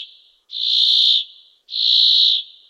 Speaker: Она очень звенящая такая, очень дребезжащая песня.